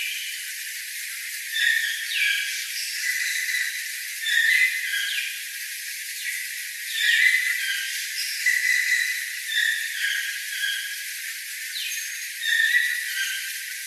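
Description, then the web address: Toucan calls: rough, nasal yelps and short downward-sweeping notes at irregular intervals, against a constant background hiss. "tukan"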